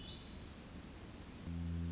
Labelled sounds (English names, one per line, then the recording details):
Hermit Thrush
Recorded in Sonoma County, California